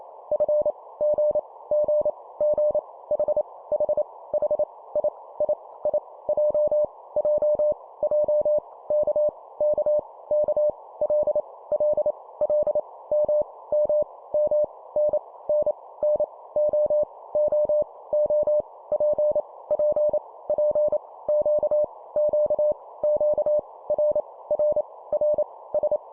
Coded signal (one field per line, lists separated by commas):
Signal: Morse code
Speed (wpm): 28 wpm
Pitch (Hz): 600 Hz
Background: none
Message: F G G G H H H I I I J J J K K K L L L M M M N N N O O O P P P Q Q Q R R R S